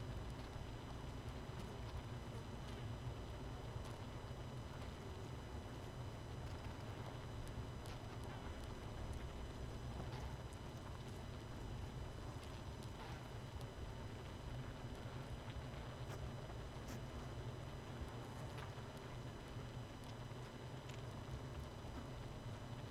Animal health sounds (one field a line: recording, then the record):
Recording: honeybee colony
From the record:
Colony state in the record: missing queen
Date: 31 May 2018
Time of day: 19:54